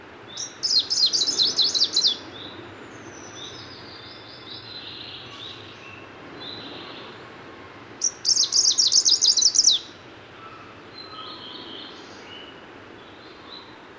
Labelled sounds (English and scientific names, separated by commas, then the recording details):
Greenish Warbler (Phylloscopus trochiloides) song
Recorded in the wild
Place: Sassnitz, Insel Rügen, Mecklenburg-Vorpommern, DE
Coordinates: 54.565, 13.615
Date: 1978-06-16 04:50
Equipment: Nagra III BH, Sennheiser MD 21, parabola
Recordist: Schubert, Michael